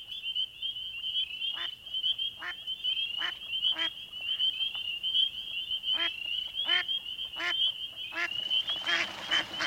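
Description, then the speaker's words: Mallard ducks quacking, several harsh calls over a continuous high trilling frog chorus. Flock of mallards in a northern marsh at night; hens quack loudly as they spring from the water surface; frogs chorus nearby. "As we approach the water's edge, a flock of mallard ducks alert us to their presence, the hens quacking loudly as they spring from the surface of the water."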